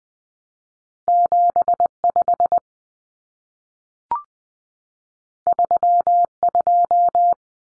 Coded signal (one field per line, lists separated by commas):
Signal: Morse code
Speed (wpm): 20 wpm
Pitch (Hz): 700 Hz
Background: none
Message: 75 32